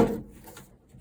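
While refitting the driver door card on a Suzuki Samurai (SJ413) after replacing the window channel rubbers, a door trim part, possibly the window winder handle or a panel clip, is handled and pushed toward its place in the door card. A loud handling noise at the start fades into quiet rustling, with a faint tap around 0.6 seconds. Nothing has seated or clicked yet.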